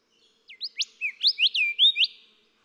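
Golden whistler phrase of several quick looping whistled notes, each sliding up or down, growing slightly louder toward the end.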